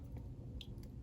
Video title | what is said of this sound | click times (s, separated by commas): Transformers R.E.D. Transformers Prime Arcee Review | and you can see which way it's supposed to go and you'll hear a click when it's in the way it's supposed to be | 0.6 s